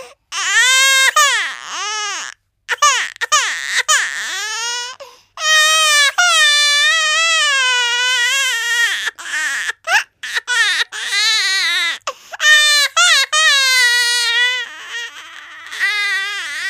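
High-pitched infant wails in repeated bursts, with rising and falling pitch, a few longer sustained cries and brief pauses to breathe between them. It is a typical, vigorous baby cry.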